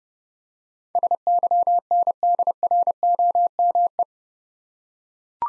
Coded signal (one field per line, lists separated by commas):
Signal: Morse code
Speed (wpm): 29 wpm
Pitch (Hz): 700 Hz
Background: none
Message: SYNDROME